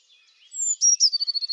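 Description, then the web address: Bird call: a thin, high descending whistle followed by a rapid run of repeated trill notes. "Deverinetal 2025. Bird Only"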